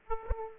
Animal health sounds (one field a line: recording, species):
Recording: mosquito wingbeat signal from an infrared sensor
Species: Aedes aegypti